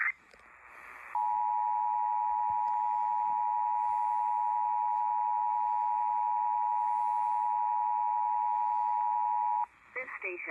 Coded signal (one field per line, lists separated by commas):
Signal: Emergency Alert System (SAME) tones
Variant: 853 and 960 Hz attention tone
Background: speech